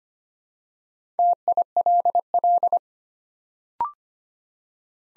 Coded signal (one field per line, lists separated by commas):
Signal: Morse code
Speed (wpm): 25 wpm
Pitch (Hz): 700 Hz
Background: none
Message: TILL